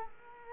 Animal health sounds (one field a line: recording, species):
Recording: mosquito wingbeat signal from an infrared sensor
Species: Culex quinquefasciatus